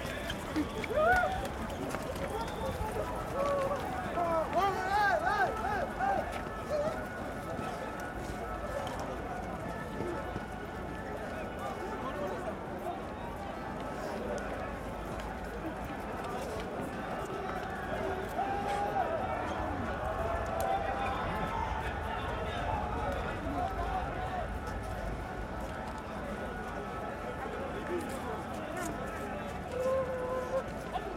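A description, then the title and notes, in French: The end of a street demonstration, a dense crowd of voices talking and calling out all at once. The murmur stays steady and busy throughout, with footsteps and occasional louder shouts rising above the low outdoor city rumble. Fin de manifestation - Marche des solidarités Paris.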